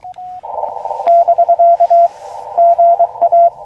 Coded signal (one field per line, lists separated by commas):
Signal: Morse code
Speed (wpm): 22 wpm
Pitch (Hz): 690 Hz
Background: radio noise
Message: <BK> GA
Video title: First SOTA Activation CW Ham Radio Morse Code POTA w/a Puppy Elecraft KX2 Practice Parks on the Air